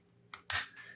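A metal emergency key blade is pushed back into its slot in the plastic fob of a 2013–2016 Audi A6 car key. A light tick at 0.3 s is followed by a sharp, loud snap at 0.5 s that rings briefly. The blade is seated in the fob.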